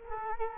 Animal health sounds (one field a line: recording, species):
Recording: mosquito wingbeat signal from an infrared sensor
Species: Culex quinquefasciatus